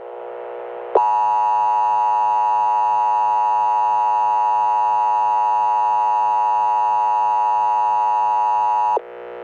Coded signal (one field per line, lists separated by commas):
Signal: Emergency Alert System (SAME) tones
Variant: 853 and 960 Hz attention tone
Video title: Fake EAS ALARM